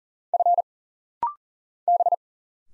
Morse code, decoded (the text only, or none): F B